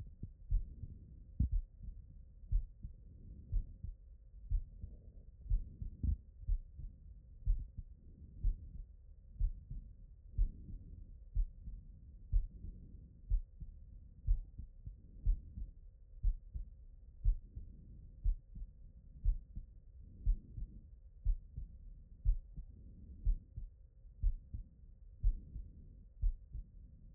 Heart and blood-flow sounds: heart sounds by stethoscope; pulmonary valve (PV)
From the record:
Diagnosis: non-HFrEF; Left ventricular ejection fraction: 57%

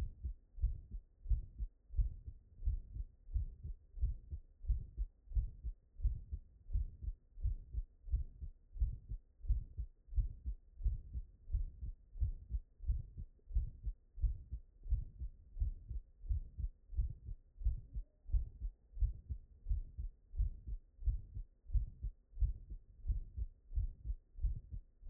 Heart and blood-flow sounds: heart sounds by stethoscope; tricuspid valve (TV)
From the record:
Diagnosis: non-HFrEF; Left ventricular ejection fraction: 76%

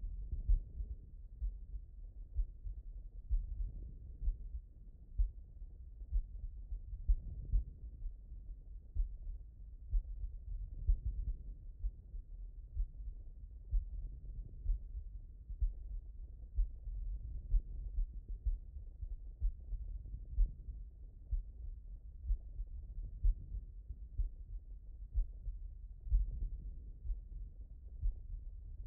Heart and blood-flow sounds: heart sounds by stethoscope; aortic valve (AV)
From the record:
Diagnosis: HFrEF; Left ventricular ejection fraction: 24%

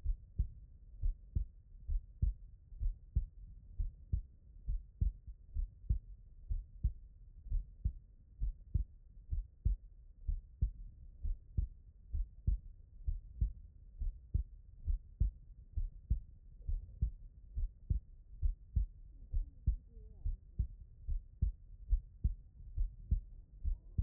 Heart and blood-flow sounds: heart sounds by stethoscope; tricuspid valve (TV)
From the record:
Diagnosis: non-HFrEF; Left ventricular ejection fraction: 64%

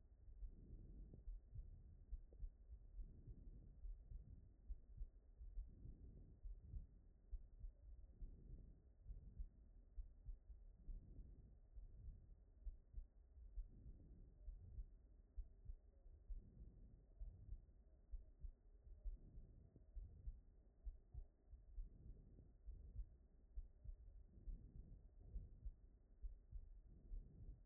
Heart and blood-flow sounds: heart sounds by stethoscope; aortic valve (AV)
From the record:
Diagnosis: non-HFrEF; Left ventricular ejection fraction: 42%

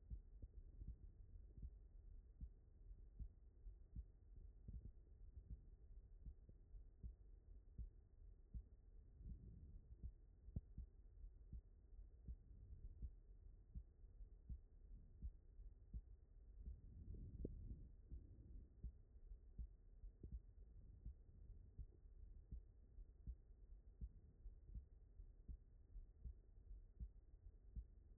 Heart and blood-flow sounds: heart sounds by stethoscope; aortic valve (AV)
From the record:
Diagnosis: non-HFrEF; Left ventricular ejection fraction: 70%

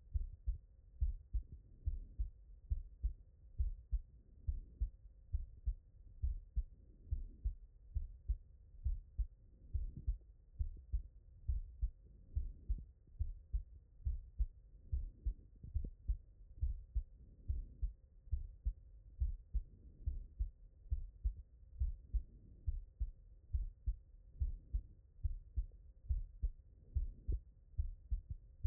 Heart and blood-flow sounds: heart sounds by stethoscope; tricuspid valve (TV)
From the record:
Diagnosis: non-HFrEF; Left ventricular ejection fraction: 52%

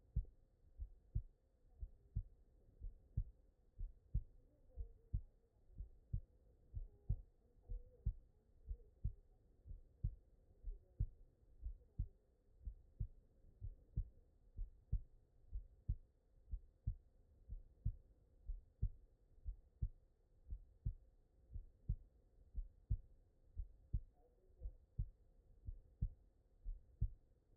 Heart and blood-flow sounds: heart sounds by stethoscope; tricuspid valve (TV)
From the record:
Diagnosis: non-HFrEF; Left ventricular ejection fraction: 49%

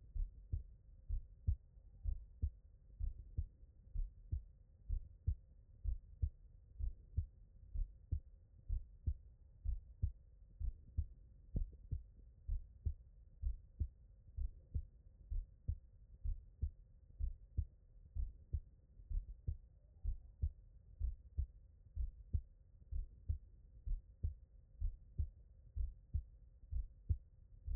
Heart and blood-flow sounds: heart sounds by stethoscope; tricuspid valve (TV)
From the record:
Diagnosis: non-HFrEF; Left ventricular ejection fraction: 61%

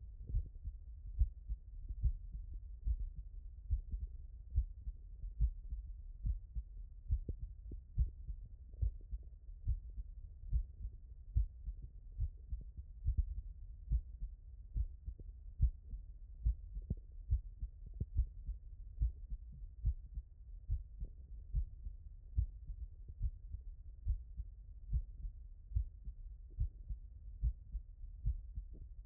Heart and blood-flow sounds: heart sounds by stethoscope; tricuspid valve (TV)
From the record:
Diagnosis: non-HFrEF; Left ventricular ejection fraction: 57%

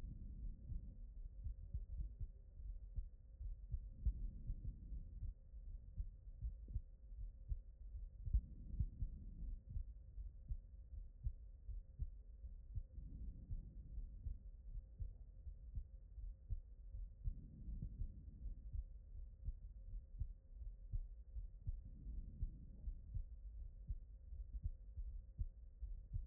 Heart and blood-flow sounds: heart sounds by stethoscope; pulmonary valve (PV)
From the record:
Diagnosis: non-HFrEF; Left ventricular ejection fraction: 71%

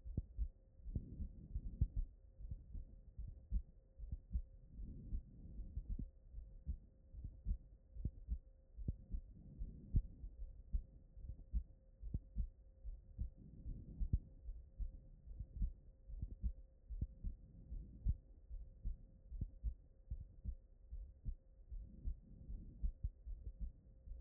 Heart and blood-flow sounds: heart sounds by stethoscope; pulmonary valve (PV)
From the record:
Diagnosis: HFrEF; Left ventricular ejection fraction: 35%

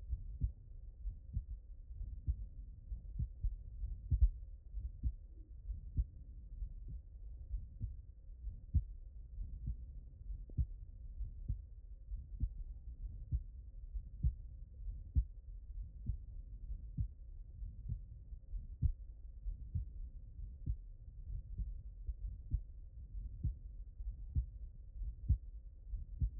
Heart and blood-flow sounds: heart sounds by stethoscope; aortic valve (AV)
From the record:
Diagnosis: non-HFrEF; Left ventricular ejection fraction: 64%

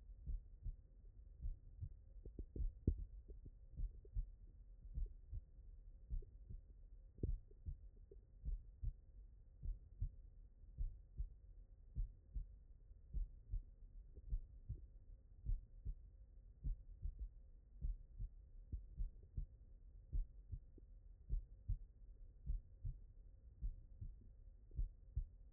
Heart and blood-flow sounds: heart sounds by stethoscope; tricuspid valve (TV)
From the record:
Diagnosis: HFrEF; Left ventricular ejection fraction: 38%

